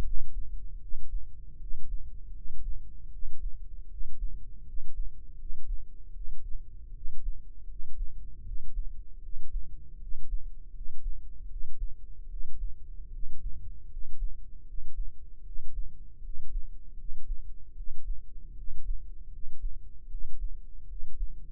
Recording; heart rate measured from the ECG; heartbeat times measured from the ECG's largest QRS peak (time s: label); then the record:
heart sounds by microphone in the left ear; 78 bpm
0.75 s: heartbeat
1.54 s: heartbeat
2.28 s: heartbeat
3.06 s: heartbeat
3.84 s: heartbeat
4.60 s: heartbeat
5.32 s: heartbeat
6.08 s: heartbeat
6.88 s: heartbeat
7.62 s: heartbeat
8.39 s: heartbeat
9.16 s: heartbeat
9.94 s: heartbeat
10.68 s: heartbeat
11.43 s: heartbeat
12.23 s: heartbeat
13.06 s: heartbeat
13.84 s: heartbeat
14.60 s: heartbeat
15.39 s: heartbeat
16.17 s: heartbeat
16.91 s: heartbeat
17.70 s: heartbeat
18.50 s: heartbeat
19.25 s: heartbeat
20.04 s: heartbeat
20.82 s: heartbeat
From the record:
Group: healthy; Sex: male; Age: 20 years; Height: 187 cm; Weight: 68.9 kg